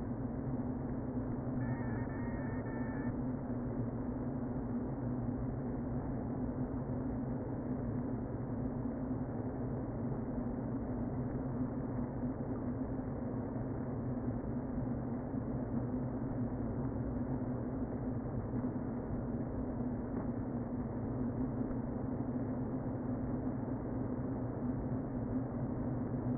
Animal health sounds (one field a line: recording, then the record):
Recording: honeybee colony, microphone inside the hive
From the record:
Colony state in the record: queen present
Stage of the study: before two queens were removed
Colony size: about 60,000 bees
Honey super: yes